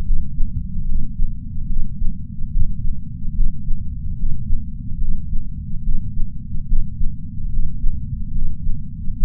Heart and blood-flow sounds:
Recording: heart sounds by patch sensor on the chest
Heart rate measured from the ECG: 72 bpm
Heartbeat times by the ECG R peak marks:
0.04 s: heartbeat
0.86 s: heartbeat
1.67 s: heartbeat
2.50 s: heartbeat
3.33 s: heartbeat
4.17 s: heartbeat
4.99 s: heartbeat
5.82 s: heartbeat
6.66 s: heartbeat
7.50 s: heartbeat
8.33 s: heartbeat
9.16 s: heartbeat
From the record:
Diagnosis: coronary artery disease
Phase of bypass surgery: preoperative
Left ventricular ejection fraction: 60.7%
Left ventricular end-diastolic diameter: 49 mm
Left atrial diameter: 38 mm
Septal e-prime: 7.7 cm/s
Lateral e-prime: 8.9 cm/s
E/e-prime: 8.7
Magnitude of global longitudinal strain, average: 16.3%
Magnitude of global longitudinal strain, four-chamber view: 16.1%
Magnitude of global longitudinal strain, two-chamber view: 16.3%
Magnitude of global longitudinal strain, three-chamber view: 16.5%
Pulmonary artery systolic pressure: 21 mmHg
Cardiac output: 4.8 L/min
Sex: male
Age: 58 years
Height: 170 cm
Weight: 80 kg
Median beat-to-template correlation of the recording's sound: 0.88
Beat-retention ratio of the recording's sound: 1.00

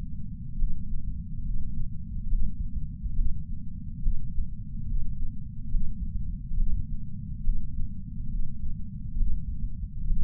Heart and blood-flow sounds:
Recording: heart sounds by patch sensor on the chest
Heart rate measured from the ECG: 70 bpm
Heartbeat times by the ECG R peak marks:
0.57 s: heartbeat
1.44 s: heartbeat
2.28 s: heartbeat
3.14 s: heartbeat
4.01 s: heartbeat
4.86 s: heartbeat
5.70 s: heartbeat
6.56 s: heartbeat
7.43 s: heartbeat
8.29 s: heartbeat
9.16 s: heartbeat
10.06 s: heartbeat
From the record:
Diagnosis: coronary artery disease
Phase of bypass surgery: preoperative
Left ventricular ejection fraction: 61.7%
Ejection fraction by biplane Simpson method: 55%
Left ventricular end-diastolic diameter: 51 mm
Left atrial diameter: 36 mm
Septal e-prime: 7.9 cm/s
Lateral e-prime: 10.3 cm/s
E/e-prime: 9.8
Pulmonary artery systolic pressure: 23 mmHg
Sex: male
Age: 58 years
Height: 160 cm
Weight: 70 kg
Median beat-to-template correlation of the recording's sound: 0.83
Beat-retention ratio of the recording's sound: 0.99

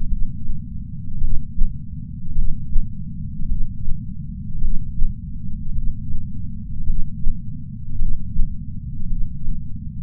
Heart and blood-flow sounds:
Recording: heart sounds by patch sensor on the chest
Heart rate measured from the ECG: 53 bpm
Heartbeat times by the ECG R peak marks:
0.08 s: heartbeat
1.19 s: heartbeat
2.33 s: heartbeat
3.46 s: heartbeat
4.59 s: heartbeat
5.73 s: heartbeat
6.85 s: heartbeat
7.97 s: heartbeat
9.07 s: heartbeat
From the record:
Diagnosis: coronary artery disease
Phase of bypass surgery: preoperative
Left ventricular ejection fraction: 62%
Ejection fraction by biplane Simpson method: 62.4%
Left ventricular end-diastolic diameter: 51 mm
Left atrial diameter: 40 mm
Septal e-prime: 9.2 cm/s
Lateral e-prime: 9.2 cm/s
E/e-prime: 8.2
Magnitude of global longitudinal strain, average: 18.8%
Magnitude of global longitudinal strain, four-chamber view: 19.4%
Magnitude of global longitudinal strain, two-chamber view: 19%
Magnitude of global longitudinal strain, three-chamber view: 18.1%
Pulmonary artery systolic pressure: 24 mmHg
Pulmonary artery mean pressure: 10 mmHg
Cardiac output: 4.7 L/min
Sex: male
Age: 57 years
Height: 175 cm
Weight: 80 kg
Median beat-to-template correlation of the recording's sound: 0.88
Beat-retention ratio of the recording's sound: 0.93

